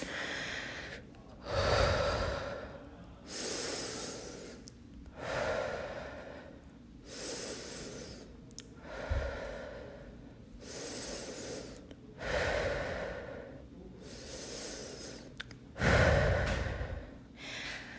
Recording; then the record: deep breathing after running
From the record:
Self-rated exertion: moderate exertion (3 of 6); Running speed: 5 miles an hour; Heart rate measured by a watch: 141 beats a minute at the start, 136 at the end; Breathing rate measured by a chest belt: 13 breaths a minute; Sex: female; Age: 18 years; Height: 171 cm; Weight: 75 kg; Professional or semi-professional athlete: no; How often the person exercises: 1 to 2 times a week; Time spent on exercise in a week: under 1 hour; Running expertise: no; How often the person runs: 1 to 2 times a week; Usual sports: running, fencing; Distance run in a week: 3 km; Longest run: 21.3 km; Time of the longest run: 190 minutes